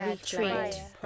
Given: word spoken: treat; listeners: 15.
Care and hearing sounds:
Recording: one English word in noise, from a listening test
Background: four-talker babble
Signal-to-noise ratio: -0.9 dB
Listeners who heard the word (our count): 1 of 15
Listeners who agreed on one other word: 13 of 15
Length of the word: 0.66 s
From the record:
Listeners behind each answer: 13, 1, 1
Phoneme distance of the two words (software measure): 14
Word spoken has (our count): 1 syllable, 4 phonemes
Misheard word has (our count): 2 syllables, 6 phonemes, stress on syllable 2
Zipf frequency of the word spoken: 4.75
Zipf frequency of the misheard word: 3.90

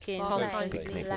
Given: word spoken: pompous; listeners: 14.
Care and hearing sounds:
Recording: one English word in noise, from a listening test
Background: four-talker babble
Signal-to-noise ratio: -2.9 dB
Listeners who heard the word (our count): 0 of 14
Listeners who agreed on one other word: 11 of 14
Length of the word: 0.77 s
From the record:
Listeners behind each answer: 11, 1, 1, 1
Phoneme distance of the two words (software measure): 51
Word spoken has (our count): 2 syllables, 6 phonemes, stress on syllable 1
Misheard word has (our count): 1 syllable, 3 phonemes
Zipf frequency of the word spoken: 3.07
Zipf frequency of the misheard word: 3.54

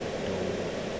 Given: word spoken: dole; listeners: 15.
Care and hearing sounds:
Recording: one English word in noise, from a listening test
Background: speech-shaped noise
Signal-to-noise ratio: -5.5 dB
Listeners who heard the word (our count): 0 of 15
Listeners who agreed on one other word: 9 of 15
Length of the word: 0.60 s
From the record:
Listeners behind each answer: 9, 1, 1, 1, 1, 1, 1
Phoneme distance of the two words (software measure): 17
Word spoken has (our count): 1 syllable, 3 phonemes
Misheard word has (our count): 1 syllable, 2 phonemes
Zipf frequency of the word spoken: 3.57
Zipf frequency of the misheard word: 5.26

